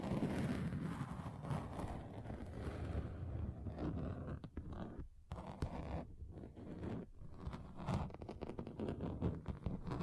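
Rapid tapping on a table and different surfaces, a dense run of quick knocks over a low rumble, with a brief pause near five seconds.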